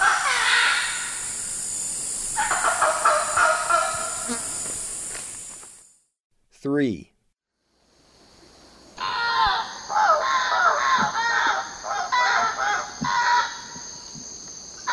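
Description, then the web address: Red-throated caracara raucous calls, a harsh cackling chorus of overlapping notes for about six seconds, a short silence, then loud calling resumes. Eastern lowlands of South America. "Natures Songs S America Eastern Lowlands. Red-throated Caracara"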